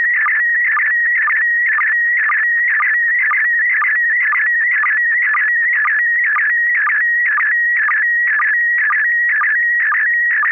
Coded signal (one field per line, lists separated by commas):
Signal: SSTV (slow-scan television)